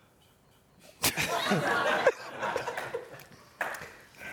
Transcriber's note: laughter